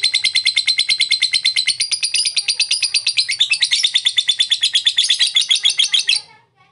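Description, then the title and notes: Lovebird giving a long, fast chatter of sharp, high, buzzy notes repeated without pause, then stopping abruptly. Long "ngekek" chatter, used as a model for training pet birds; Indonesia. "Love bird ngetik ngekek. #lovebirdngekekpanjang. suara burung untuk masteran burung burung anda"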